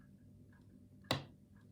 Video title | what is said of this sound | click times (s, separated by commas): SUNFOUNDER Spider Robot Kit for Raspberry Pi: Assembly Part 2 #robot #raspberrypi | can hear it click yeah so that's now completed as it is | 1.1 s